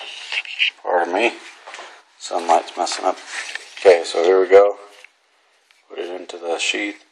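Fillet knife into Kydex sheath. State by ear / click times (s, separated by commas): not seated / none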